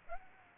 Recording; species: mosquito wingbeat signal from an infrared sensor; Aedes aegypti